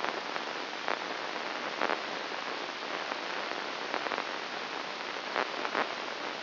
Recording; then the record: brain microelectrode recording played as sound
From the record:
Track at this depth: inside the subthalamic nucleus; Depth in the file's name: 3.202 mm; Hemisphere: right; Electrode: 2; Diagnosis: Parkinson's disease